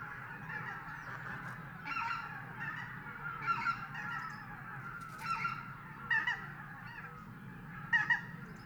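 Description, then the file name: Greater white-fronted goose: geese giving short honks at irregular intervals, with some calls doubled, over a steady low rumble. "tundrahanhi"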